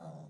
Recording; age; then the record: pig call; piglet (1 to 25 days)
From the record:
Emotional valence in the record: negative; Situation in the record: long isolation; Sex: female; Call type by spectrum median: low-frequency call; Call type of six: low-frequency stable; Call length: 0.30 s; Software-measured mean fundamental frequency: 79 Hz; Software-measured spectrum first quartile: 164 Hz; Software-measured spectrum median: 338 Hz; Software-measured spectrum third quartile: 719 Hz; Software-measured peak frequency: 161 Hz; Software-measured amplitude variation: 123 dB a second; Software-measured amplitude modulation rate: 18.4 a second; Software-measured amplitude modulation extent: 6.7 dB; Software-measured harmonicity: 4.6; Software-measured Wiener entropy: -0.28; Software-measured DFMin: 1114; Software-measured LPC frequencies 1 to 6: 678, 1265, 3633, 5741, 6697, 8153 Hz